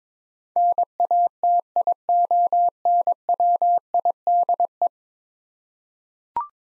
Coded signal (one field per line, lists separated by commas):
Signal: Morse code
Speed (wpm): 21 wpm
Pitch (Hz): 700 Hz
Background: none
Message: NATIONWIDE